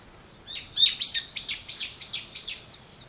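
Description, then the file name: Bird chirps: a quick run of high, sweeping notes, loudest at the start and then repeated about every third of a second, fading toward the end. Wild birds; 21 April 2023. "wild-bird 230421"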